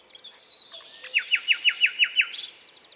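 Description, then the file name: Common nightingale song: a series of seven loud, evenly spaced downslurred notes ending in a brief high buzzy flourish, with softer whistles before. "British Library - European Nightingale(Luscinia megarhynchos)"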